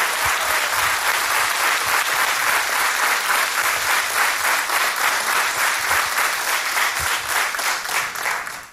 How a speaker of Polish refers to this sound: Zapraszamy. …. Powtórzę, …, wielkie brawa.